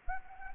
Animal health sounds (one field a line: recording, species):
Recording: mosquito wingbeat signal from an infrared sensor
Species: Anopheles gambiae